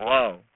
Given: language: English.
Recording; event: throat vibration sensor signal played as sound; speech